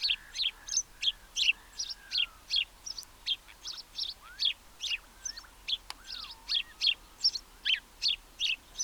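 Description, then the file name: House sparrow giving rapid, bright chirps in a steady stream, roughly two to three per second, with soft, low, drawn-out whistles from another bird in the background and a brief click. "Passer domesticus"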